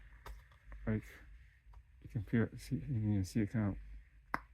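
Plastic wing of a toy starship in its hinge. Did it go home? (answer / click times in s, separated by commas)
yes / 4.3 s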